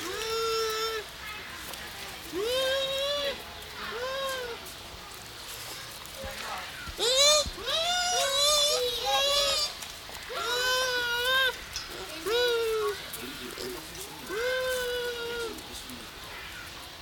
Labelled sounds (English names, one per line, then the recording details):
Bush Dog
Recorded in captivity
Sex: pair
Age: adult
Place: Zoo Berlin, Berlin, DE
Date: 1993-10-16 11:43
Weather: heiter, 6-10 °C
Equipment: Marantz CP 430, Sennheiser MKH 416 T, Kopie Uher Variocord 263
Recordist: Tembrock, Günter